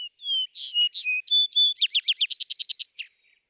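Vesper sparrow song opening with whistled notes, then buzzy bursts and a long, even, rapid trill lasting over a second.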